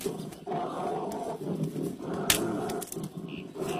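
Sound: angry bear roaring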